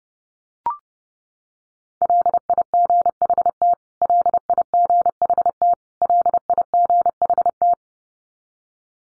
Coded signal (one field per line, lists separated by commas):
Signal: Morse code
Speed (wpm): 28 wpm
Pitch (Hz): 700 Hz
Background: none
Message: LIGHT LIGHT LIGHT